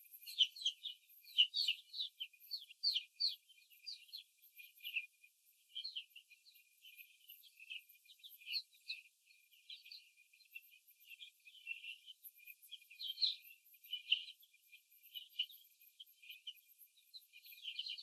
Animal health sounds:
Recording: young laying hens in a cage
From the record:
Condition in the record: before the stressor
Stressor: simulated dog barking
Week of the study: 3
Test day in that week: 1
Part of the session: 3

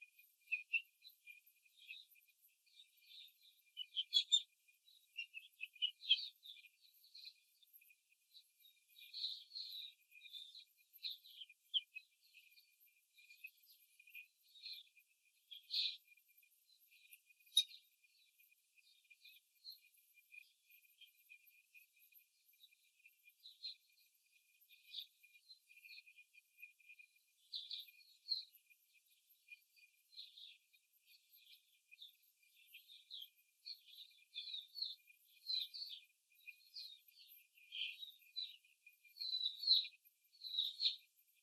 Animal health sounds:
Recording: young laying hens in a cage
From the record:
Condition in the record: control cage, after the stress test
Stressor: none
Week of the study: 4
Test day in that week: 3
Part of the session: 1

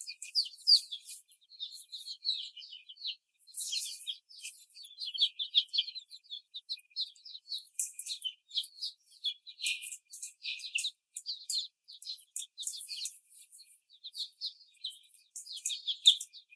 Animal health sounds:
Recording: young laying hens in a cage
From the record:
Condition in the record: before the stressor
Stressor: simulated dog barking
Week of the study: 4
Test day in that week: 3

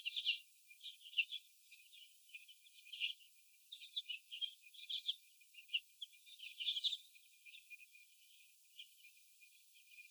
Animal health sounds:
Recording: young laying hens in a cage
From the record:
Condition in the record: before the stressor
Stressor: sudden umbrella opening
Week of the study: 2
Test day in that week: 1

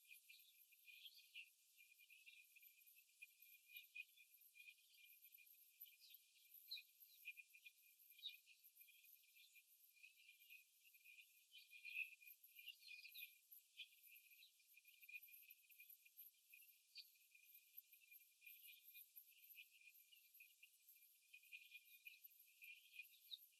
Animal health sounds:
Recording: young laying hens in a cage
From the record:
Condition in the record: after the stressor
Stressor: simulated dog barking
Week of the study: 3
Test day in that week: 2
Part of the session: 1

